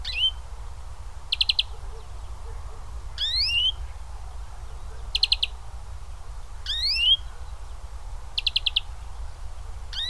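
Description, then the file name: European greenfinch calls: rising, slurred notes sweeping upward alternate with quick bursts of a few dry chattering notes, a few seconds apart, over a steady low rumble. "Chloris chloris"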